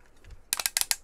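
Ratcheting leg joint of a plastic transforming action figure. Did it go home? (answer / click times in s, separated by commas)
yes / 0.5 s, 0.8 s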